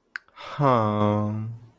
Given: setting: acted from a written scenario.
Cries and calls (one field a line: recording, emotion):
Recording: vocal sound without words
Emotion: adoration